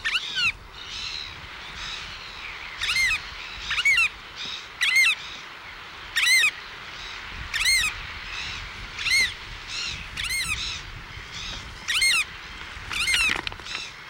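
Variable oystercatcher with a steady series of sharp, high piping calls, some loud and some softer.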